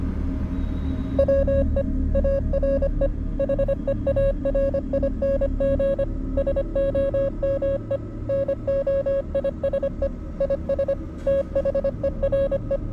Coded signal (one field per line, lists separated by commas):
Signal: Morse code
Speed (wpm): 25 wpm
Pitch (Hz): 550 Hz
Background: music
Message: WE ARE HEARING SOME NOISE IS THERE